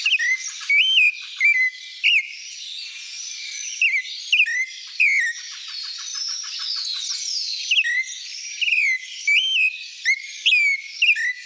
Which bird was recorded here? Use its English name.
Clay-colored Thrush